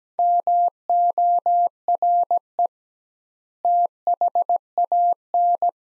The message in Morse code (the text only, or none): MORE THAN